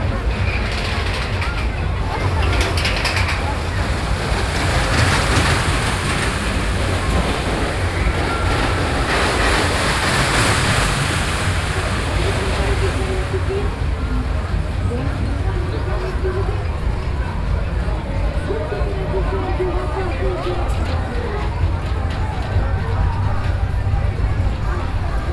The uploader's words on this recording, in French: Paris, Foire du Trone.